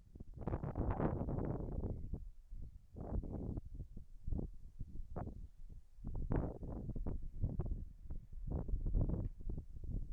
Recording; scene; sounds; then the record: everyday scene through a hearing-aid microphone; wind on the microphone; wind, whistling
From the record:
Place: in front of a rural house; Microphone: behind the ear, left, rear